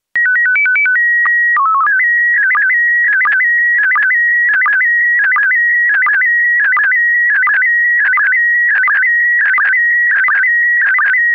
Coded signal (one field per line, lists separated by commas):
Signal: SSTV (slow-scan television)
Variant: PD 90